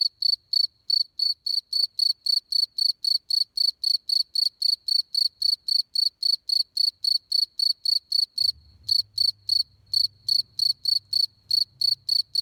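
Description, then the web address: Cricket chirping in a steady, fast series of high buzzy pulses, about four per second, with a brief pause and a faint low rumble in the latter part. "grillo"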